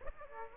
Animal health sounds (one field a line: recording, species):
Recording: mosquito wingbeat signal from an infrared sensor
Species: Aedes aegypti